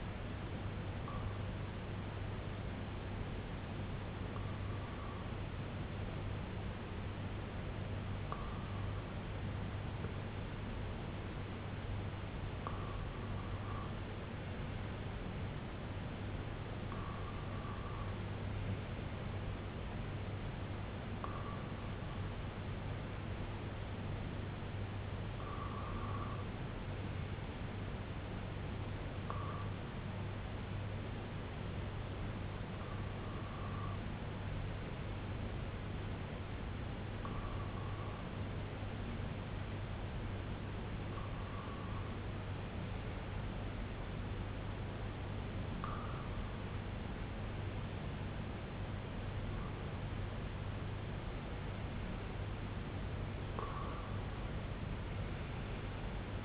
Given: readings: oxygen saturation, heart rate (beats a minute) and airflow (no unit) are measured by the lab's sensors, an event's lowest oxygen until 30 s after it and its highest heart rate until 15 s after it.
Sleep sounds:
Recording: breathing in sleep by a voice recorder at the bedside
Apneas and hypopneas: 1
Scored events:
35.00-52.00 s: hypopnea (N2, oxygen 95% highest, then 94% lowest, heart rate 61 at the start, 73 highest)
From the record:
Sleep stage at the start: N2 (light sleep)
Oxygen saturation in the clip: 93 to 95%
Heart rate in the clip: 60 to 73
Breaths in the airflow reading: 14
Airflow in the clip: -6.2 to 3.2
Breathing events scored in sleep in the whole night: 258 in 7.4 hours asleep

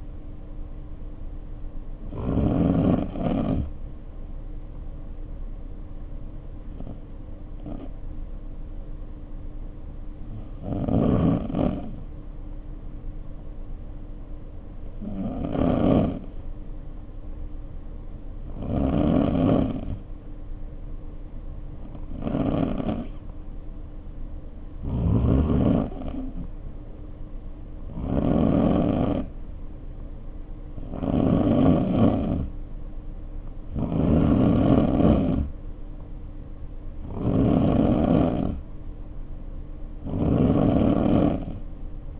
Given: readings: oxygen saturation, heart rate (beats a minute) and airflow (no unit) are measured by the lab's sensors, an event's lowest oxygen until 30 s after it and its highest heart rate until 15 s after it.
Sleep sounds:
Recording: breathing in sleep by a smartphone at the bedside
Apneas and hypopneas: 1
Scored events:
12.00-29.40 s: hypopnea (N3, oxygen 94% highest, then 89% lowest, heart rate 55 at the start, 60 highest)
From the record:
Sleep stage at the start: N3 (deep sleep)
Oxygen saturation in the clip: 90 to 94%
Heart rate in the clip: 51 to 60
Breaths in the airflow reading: 12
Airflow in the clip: -2.5 to 2.3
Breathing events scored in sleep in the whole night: 520 in 7.2 hours asleep

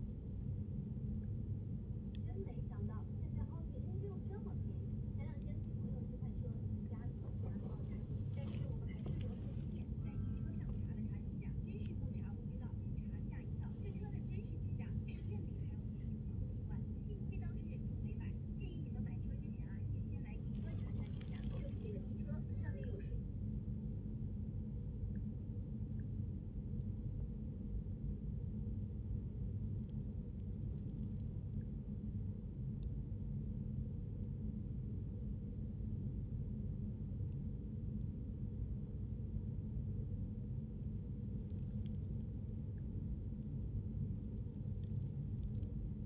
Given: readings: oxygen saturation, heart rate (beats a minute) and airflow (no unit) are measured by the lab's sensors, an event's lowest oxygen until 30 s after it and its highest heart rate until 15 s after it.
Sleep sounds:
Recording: a person awake in a sleep study, by a smartphone at the bedside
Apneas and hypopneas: none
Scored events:
0.00-46.06 s: awake
From the record:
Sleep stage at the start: awake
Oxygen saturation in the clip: 92 to 96%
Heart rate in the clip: 71 to 82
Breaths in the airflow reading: 9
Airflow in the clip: -6.9 to 7.6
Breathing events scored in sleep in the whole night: 131 in 7.2 hours asleep

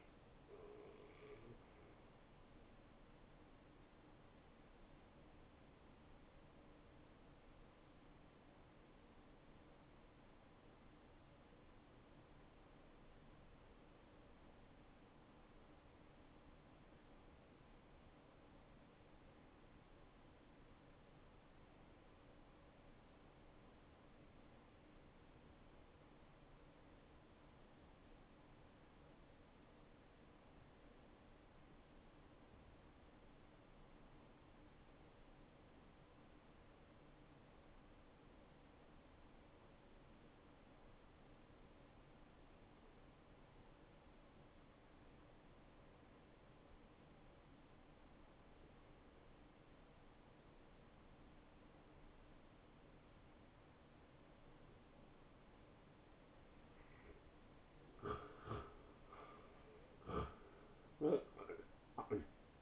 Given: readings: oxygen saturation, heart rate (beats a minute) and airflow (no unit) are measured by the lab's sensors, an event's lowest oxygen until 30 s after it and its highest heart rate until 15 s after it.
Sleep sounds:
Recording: breathing in sleep by a voice recorder at the bedside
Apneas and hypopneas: 1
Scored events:
9.00-55.10 s: obstructive apnea (N1, oxygen 96% highest, then 87% lowest, heart rate 74 at the start, 83 highest)
From the record:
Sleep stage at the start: N1 (lightest sleep)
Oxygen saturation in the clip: 85 to 96%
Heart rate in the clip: 56 to 79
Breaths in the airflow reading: 3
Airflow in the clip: -15.9 to 9.9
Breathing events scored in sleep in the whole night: 263 in 5.5 hours asleep

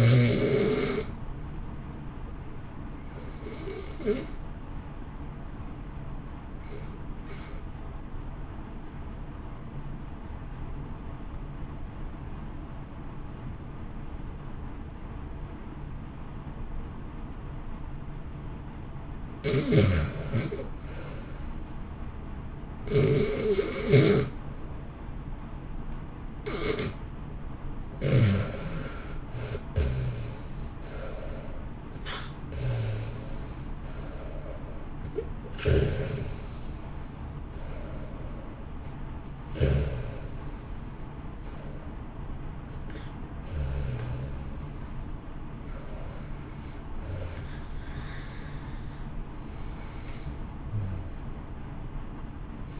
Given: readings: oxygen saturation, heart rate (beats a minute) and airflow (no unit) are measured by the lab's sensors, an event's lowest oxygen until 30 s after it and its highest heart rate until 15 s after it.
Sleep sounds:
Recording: breathing in sleep by a smartphone at the bedside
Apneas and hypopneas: 1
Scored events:
7.00-19.70 s: obstructive apnea (REM, oxygen 90% highest, then 89% lowest, heart rate 60 at the start, 71 highest)
From the record:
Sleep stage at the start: REM sleep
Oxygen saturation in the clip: 87 to 91%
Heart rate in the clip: 58 to 71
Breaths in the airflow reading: 19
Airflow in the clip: -1.2 to 1.9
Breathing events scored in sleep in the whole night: 328 in 6.3 hours asleep

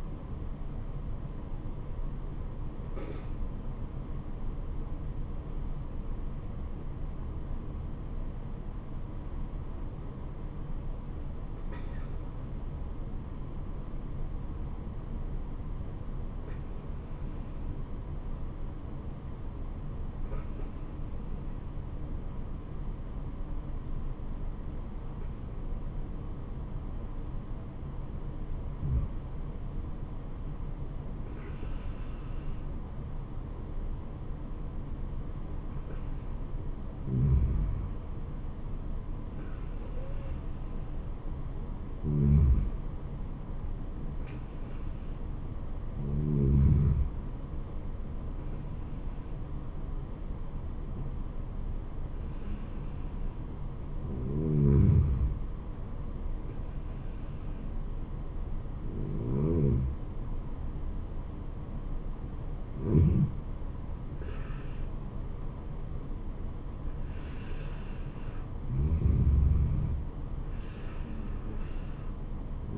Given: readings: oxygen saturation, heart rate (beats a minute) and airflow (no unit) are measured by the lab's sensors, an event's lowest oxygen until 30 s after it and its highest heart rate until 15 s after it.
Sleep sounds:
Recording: breathing in sleep by a smartphone at the bedside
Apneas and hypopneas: 1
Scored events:
15.00-45.20 s: hypopnea (N2, oxygen 96% highest, then 93% lowest, heart rate 64 at the start, 78 highest)
From the record:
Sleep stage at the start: N2 (light sleep)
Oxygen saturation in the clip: 91 to 96%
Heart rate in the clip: 64 to 79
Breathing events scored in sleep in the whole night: 426 in 7.4 hours asleep

